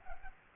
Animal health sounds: mosquito wingbeat signal from an infrared sensor; Culex pipiens

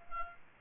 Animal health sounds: mosquito wingbeat signal from an infrared sensor; Culex quinquefasciatus

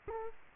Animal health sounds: mosquito wingbeat signal from an infrared sensor; Culex quinquefasciatus

